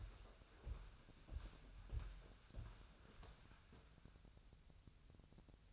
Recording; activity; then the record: daily activity, microphone in the room; walk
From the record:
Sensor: 2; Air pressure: 1015.2 hPa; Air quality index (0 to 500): 112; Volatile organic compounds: 3 ppm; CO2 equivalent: 1429 ppm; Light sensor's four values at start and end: 8/24/9/10 and 9/25/9/10